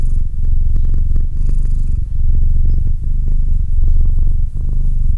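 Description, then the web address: Domestic cat purr, smooth deep rumble with little breath noise, brief dips in loudness between cycles. "Cat Purr 201308 Cat purr"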